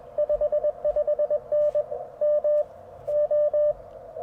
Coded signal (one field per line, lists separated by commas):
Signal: Morse code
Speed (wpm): 21 wpm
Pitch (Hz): 590 Hz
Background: none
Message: 55N MO